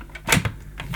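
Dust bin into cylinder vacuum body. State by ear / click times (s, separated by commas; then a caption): seated / 0.3 s. A clear plastic dust bin is pushed back onto the body of a Dyson DC28C Musclehead cylinder vacuum cleaner until it latches. A sharp click at 0.3 s marks the bin seating into place, followed by softer plastic knocks around 0.5 s and 0.9 s.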